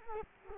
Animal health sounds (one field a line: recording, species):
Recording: mosquito wingbeat signal from an infrared sensor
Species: Culex quinquefasciatus